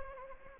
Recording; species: mosquito wingbeat signal from an infrared sensor; Anopheles arabiensis